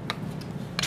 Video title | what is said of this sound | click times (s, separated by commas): PPI Summer Series - What's in My Bag with Skye Fassett | thing on the bottom here yeah and you can hear that click yeah well that you have to | 0.1 s, 0.8 s